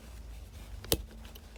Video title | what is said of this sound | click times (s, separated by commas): DYI SUBARU forester steering wheel replacement | It literally just should pop back in. You hear a click, it's in. | 0.9 s